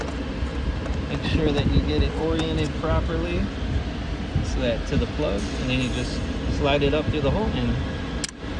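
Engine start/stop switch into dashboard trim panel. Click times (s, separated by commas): 8.2 s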